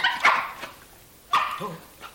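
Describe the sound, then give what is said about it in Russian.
A dog named Top barks in two sharp bursts about a second apart, loud and mid-pitched, with a softer yelp trailing after the second, having scented someone's footsteps; no one speaks. “Слышите? Топ учуял чьи-то шаги.”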